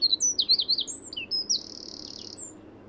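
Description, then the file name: Eurasian wren song, quick loud high notes and swooping twitters leading into a long, steady, very high trill. "Troglodytes troglodytes"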